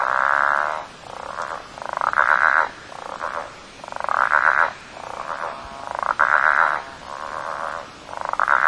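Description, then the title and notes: Southern bell frog calls: long growling croaks alternating with shorter, softer pulsed notes, the pair repeated about every two seconds. Southern bell frogs (Litoria raniformis) calling at Lily Lake, 8.35pm, 23 November 2008. "8.35pm on 23rd November 2008 Lily Lake Southen Bell frogs (Litoria raniformis) calling"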